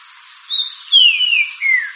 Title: Trinca Ferro Cantando